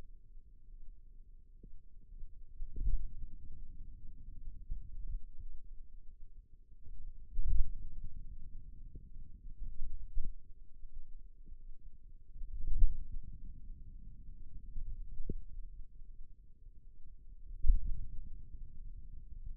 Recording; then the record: forearm muscle sounds (acoustic myography)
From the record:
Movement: pen grasping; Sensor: system 2, bracelet of six BSWA MPA416 microphones around the upper forearm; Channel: 3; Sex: male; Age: 22 years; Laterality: right